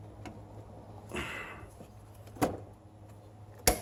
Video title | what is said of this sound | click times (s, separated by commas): Radiator fan assembly replacement 2015 Ford Festiva | locked into place focus all right locked | 3.7 s